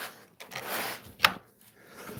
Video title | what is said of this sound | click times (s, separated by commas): Part-3 episode 2.5 😉 Come watch me sand openings for next coat of fiberglass 👀 | Listen to that just kind of click right in. | 1.2 s